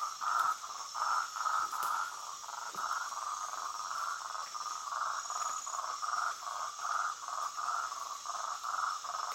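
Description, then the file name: Marty's toad calling in a steady series of short, mid-pitched pulsed notes over a constant high insect hum. "Rhinella martyi"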